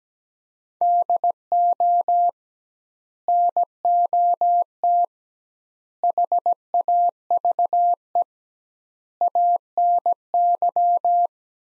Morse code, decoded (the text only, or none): DO NOT HAVE ANY